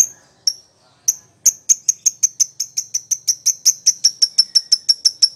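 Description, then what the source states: Lovebird starting with a few spaced high chirps, then settling into a fast, regular series of sharp notes. Recording used as a lure (pancingan) to prompt a lovebird to respond and sing vigorously (gacor).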